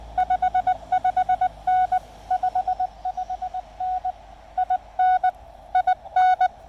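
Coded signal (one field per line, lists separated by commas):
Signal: Morse code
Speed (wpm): 20 wpm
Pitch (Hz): 740 Hz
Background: none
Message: 55N 55N IN IN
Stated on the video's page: Lab599 Discovery TX-500 transceiver with MFJ-1984LP antenna, QRP portable activation on the Blue Ridge Parkway.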